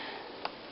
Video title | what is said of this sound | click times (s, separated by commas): Fake FREELANDER PD10 tablet from AliExpress | into the slot and you can hear it click in and there we are | 0.4 s